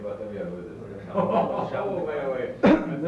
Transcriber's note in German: Lachen